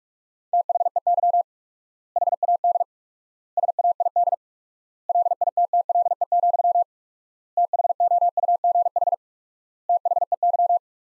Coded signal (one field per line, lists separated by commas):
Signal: Morse code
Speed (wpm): 46 wpm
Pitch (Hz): 700 Hz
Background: none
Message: THEY HAD SAID LITTLE, THOUGH THEY